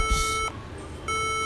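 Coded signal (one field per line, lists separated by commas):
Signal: beep code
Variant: HP laptop BIOS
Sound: a long buzzy electronic beep, a brief pause, then another beep starting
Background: quiet room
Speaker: can here too long beeps and too short bits caps-lock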